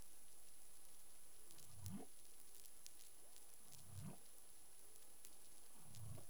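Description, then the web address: Humpback whale call: low moaning upsweeps rising steeply from deep tones, three in a row about two seconds apart, over constant crackling underwater hiss. Caribbean; recorded 25 February 2021 at about 11:17 UTC. "CARIMAM. humpback whale 20210225 111728 UTC"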